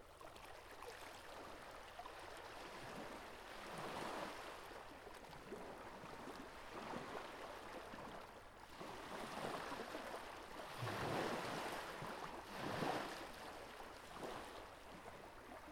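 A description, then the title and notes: Gentle ocean waves wash in a steady, dense hiss that swells and eases in soft surges, with fuller washes around 4, 11 and 13 seconds. The sound is mid-bright, with a low rumble beneath the breaking water and no clear bird calls. Gentle Ocean Waves Soundscape.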